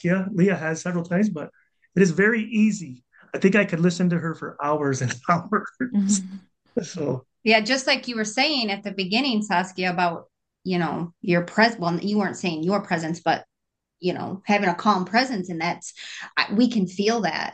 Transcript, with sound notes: Leah has several times, but it is very easy. I think I could listen to her for hours and hours (laughs) . So...
Yeah, just like you were saying at the beginning, Saskia, about, you know, your pres- well, you weren't saying your presence, but, you know, having a calm presence, and that's... uh, we can feel that.